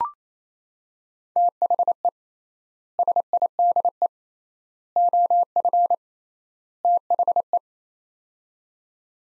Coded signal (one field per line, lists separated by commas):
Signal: Morse code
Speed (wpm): 27 wpm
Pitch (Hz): 700 Hz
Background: none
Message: THE SIDE OF THE